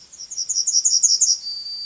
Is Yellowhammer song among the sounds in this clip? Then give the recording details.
yes. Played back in forest. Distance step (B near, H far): C. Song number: 024